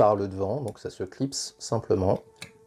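Someone talks while a small plastic front belt-buckle piece of the armour skirt is pressed onto a Bandai Saint Seiya Myth Cloth Hypnos collectible action figure. A sharp snap at 2.4 s marks the buckle clipping into place, confirming it is seated.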